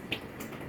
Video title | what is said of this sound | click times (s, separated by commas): Pelayanan Konseling Diabetes Melitus (Penggunaan Insulin) | Caranya diputar aja sampai bunyi klik. Nah, ini udah bunyi ya Ibu. | 0.1 s